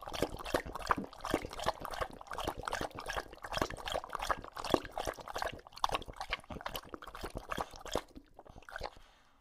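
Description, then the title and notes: English Bulldog lapping steadily from a bowl, dense wet slurping splashes for about eight seconds, then stopping into near quiet. Male English Bulldog named Lucho, drinking from a water bowl after a long walk, out of breath and breathing heavily between drinks. "English Bulldog Drinks from Water Bowl - Weird Sounds. listen to Lucho the English Bulldog as he tries to drink water after a long walk. Don't let his heavy breathing fool you in between drinks, he's equally out of breath from the walk"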